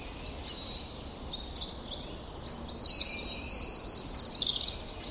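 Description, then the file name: European robin song: soft high notes at first, then a loud, rapid, tinkling, high-pitched warbled phrase lasting almost two seconds, over steady low hiss. "Erithacus rubecula"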